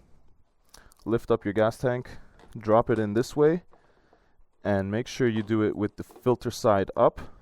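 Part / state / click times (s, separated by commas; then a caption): air filter element into motorcycle airbox / not seated / none. An air filter element is handled over the airbox of a 2017 SV650 (3rd gen) motorcycle with the gas tank lifted, to be dropped in filter side up, while someone talks. A few faint ticks come near the start, but the filter has not seated or clicked into the airbox yet.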